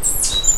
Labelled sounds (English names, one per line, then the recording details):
Stitchbird song
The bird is a male
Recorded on Tiritiri Matangi Island, New Zealand, in 2005
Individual 3, of nest box 3